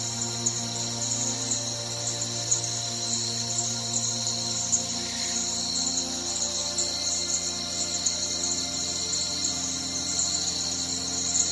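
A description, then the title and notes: Nature sounds from the Florida Everglades: a steady, dense chorus of insects shrills high and bright without pause, with faint ticking calls scattered through it. A low, even hum sits underneath, dropping slightly in pitch around the middle of the clip. Sounds of The Everglades. Nature sounds from the Florida Everglades.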